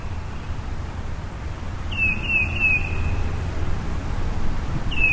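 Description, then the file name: Tufted titmouse whistling a quick three-note phrase of falling whistles, then starting another at the end, against a low background rumble. "baeolophus bicolor"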